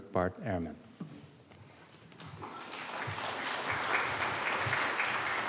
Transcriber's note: applause